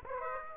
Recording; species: mosquito wingbeat signal from an infrared sensor; Aedes aegypti